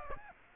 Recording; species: mosquito wingbeat signal from an infrared sensor; Aedes aegypti